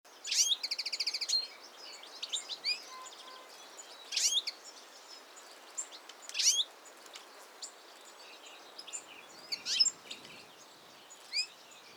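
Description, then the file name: European goldfinch calls: an opening buzzy, nasal trill, then scattered sharp twittering notes in short bursts with quiet gaps, over faint background hiss. "Carduelis carduelis"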